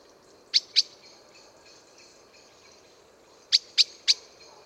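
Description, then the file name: Common blackbird producing two sharp chinks, a pause of nearly three seconds, then three more in quick succession. "Turdus merula"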